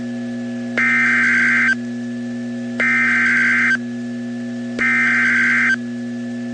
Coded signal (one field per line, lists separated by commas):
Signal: Emergency Alert System (SAME) tones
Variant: header bursts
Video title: DOUBLE HEADER Severe Thunderstorm Warnings (EAS #210+#211)